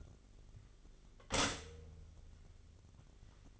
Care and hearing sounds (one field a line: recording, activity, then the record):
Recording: daily activity, microphone in the room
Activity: stop toaster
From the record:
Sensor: 4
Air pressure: 1002.7 hPa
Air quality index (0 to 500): 233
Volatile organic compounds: 16 ppm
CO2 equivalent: 2525 ppm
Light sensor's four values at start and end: 21/73/27/27 and 19/64/24/23